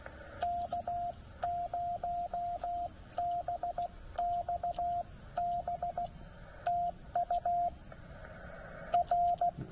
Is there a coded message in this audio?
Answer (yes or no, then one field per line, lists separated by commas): yes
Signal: Morse code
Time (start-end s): 0.4-9.5 s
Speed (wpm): 16 wpm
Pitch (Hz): 700 Hz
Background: radio noise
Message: K0BXB TU R